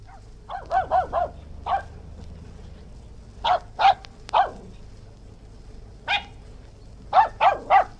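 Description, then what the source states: West Highland white terrier barking in short sharp yaps, some in quick triplets, scattered throughout with brief pauses between bursts. Barking, recorded outdoors.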